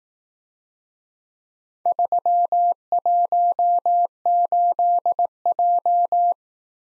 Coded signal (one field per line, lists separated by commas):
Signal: Morse code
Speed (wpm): 18 wpm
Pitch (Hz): 700 Hz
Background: none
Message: 318J